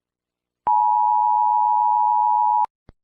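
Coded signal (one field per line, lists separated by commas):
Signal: Emergency Alert System (SAME) tones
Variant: 853 and 960 Hz attention tone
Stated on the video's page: Fictional tornado alert scenario set in a Roblox game.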